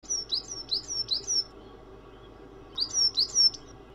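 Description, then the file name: Bird song: a quick run of several high, sharply down-slurred chirps, a pause of over a second, then a few more similar chirps. Samsung ringtone. "vogelgezwitscher"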